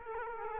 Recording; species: mosquito wingbeat signal from an infrared sensor; Culex quinquefasciatus